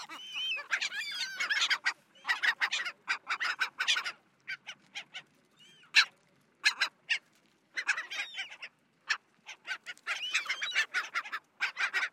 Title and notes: La Gaviota Austral (Leucopaheus Scoresbii)- Ushuaia. Recorrido sonoro por Uahuaia y Lapataia - Tierra del Fuego - Argentina